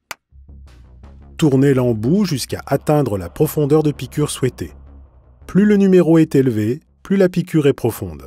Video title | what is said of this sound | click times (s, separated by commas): Coaguchek INRange - Mode d'emploi complet | l'embout de l'autopiqueur en alignant les deux encoches puis poussé jusqu'à entendre un déclic | 0.1 s